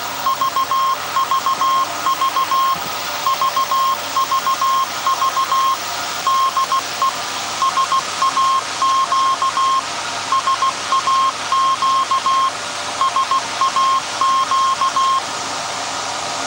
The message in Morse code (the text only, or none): VVV VVV DE SAQ SAQ SAQ